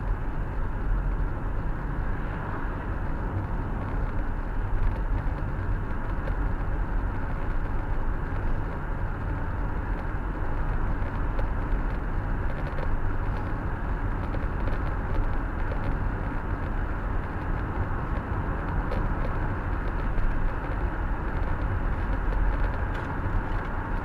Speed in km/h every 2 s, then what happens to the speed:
65, 67, 70, 71, 74, 76, 78, 79, 80, 84, 84, 86.
0-24 speeds up to 86.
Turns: none.